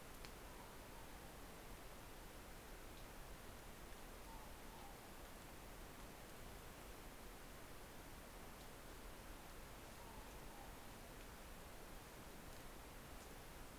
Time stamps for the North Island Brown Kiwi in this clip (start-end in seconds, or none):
none